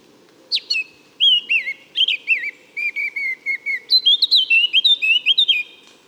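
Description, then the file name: Eurasian blackcap song: loud, pure fluting whistles in quick, bouncing phrases, each note rising and falling, delivered in a steady stream. "Sylvia atricapilla"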